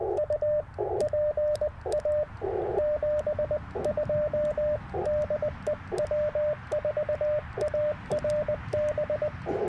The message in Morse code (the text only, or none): U PA 72 DE W4ARB